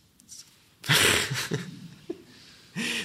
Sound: laughter

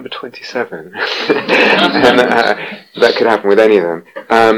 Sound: laughter

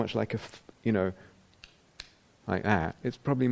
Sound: snaps fingers twice

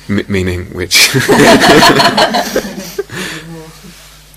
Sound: laughter

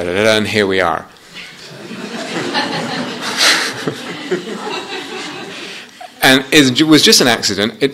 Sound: laughter

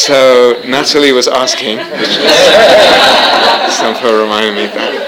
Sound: laughter

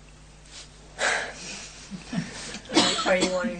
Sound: pauses, laughs

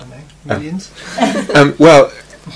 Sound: laughs

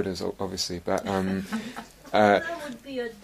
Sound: laughter

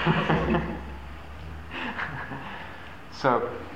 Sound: laughter

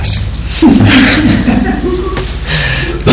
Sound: laughter

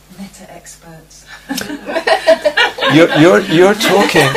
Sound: laughter

